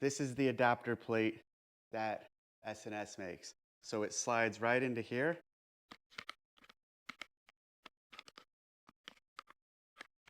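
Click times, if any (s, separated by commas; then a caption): none. Someone talks while handling an S&S holster adapter plate, then slides it into its mount on a pistol belt, producing a scatter of short, sharp ticks and scrapes from about 6 s onward. The plate is not yet home, and nothing has seated or locked yet.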